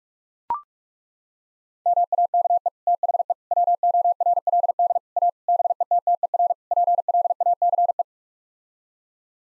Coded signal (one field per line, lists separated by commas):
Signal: Morse code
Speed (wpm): 42 wpm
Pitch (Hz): 700 Hz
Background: none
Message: MAKE THE WORLD A BETTER PLACE